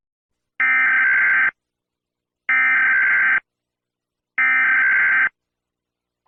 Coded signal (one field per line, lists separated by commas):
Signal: Emergency Alert System (SAME) tones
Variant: header bursts